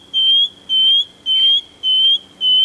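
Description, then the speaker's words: Shining Bronze Cuckoo call: pure, high whistled notes, each slightly rising, repeated evenly about twice a second. Call rises rather than falls; small, sparrow-sized spring visitor in Victoria, Australia. "Goes up. Yes, that's right. That's a shining bronze cuckoo."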